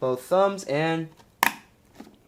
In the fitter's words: satisfying clicks. Doesn't move at all. Awesome.